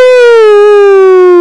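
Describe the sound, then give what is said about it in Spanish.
A single sustained vocal howl imitated by a human voice, loud and steady with a slowly falling pitch and rich harmonics, lasting the whole moment before cutting off abruptly. “A ver, ahí viene un aullido más.”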